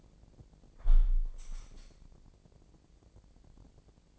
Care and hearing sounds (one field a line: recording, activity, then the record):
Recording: daily activity, microphone in the room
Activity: close window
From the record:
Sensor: 5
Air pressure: 1012.4 hPa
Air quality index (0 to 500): 159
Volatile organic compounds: 2 ppm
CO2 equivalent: 1080 ppm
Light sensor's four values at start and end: 110/265/112/124 and 110/265/112/124